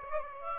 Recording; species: mosquito wingbeat signal from an infrared sensor; Aedes aegypti